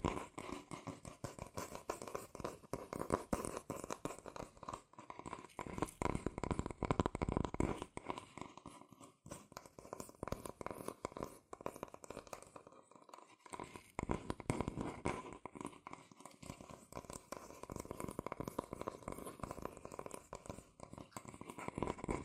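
Fast cardboard and paper tapping and scratching, dense rapid clicks and rasping strokes in bursts, with a brief pause near thirteen seconds.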